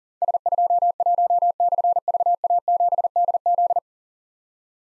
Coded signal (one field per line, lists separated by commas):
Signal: Morse code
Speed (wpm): 43 wpm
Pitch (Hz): 700 Hz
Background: none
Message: S21/VA7DZ